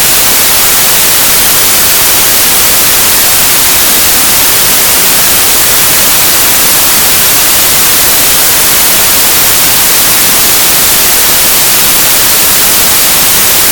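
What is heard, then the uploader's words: White noise hisses steadily from start to finish, an even, dense wash with no breaks or changes in level. The sound leans bright and airy, with more fizz at the top than rumble below, and nothing else rises through it. White Noise Sound.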